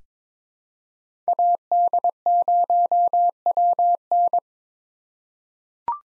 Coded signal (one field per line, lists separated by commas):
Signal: Morse code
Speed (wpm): 22 wpm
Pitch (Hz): 700 Hz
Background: none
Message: AD0WN